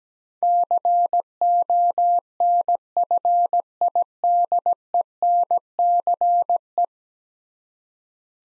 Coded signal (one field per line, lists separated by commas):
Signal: Morse code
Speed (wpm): 17 wpm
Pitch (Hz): 700 Hz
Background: none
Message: CONFIDENCE